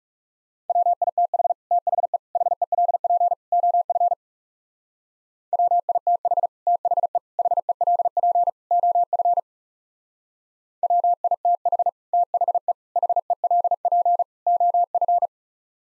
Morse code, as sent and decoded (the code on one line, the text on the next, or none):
.-- .. - .... / - .... . / .... . .-.. .--. / --- ..-. / .-- .. - .... / - .... . / .... . .-.. .--. / --- ..-. / .-- .. - .... / - .... . / .... . .-.. .--. / --- ..-.
WITH THE HELP OF WITH THE HELP OF WITH THE HELP OF